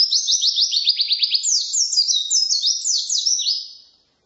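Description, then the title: White-eye song: a continuous, hurried stream of high, buzzy, warbling trills that fades out after about four seconds. Wild white-eye (pleci ngalas) singing 'isian' filling song, used as a tutor recording for training songbirds (masteran). "mster Mnuk. Pleci ngalas isian untuk masteran"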